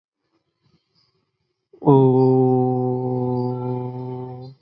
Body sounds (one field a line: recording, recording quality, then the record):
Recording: sustained vowel as in boot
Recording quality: excellent, no background noise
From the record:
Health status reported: healthy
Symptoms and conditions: none ticked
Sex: male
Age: 26 years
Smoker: not ticked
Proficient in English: yes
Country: India